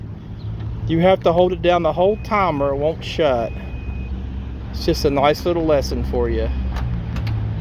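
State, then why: Seated. Holding a car's key fob button down remotely power-closes a window or sunroof into its frame while someone talks over a steady low vehicle hum. Two short clicks at 7.2 s and 7.3 s mark it latching shut.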